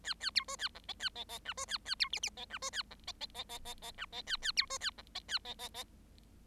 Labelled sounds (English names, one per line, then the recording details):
Bengalese Finch song
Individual Bird7